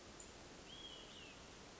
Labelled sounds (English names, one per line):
Olive-sided Flycatcher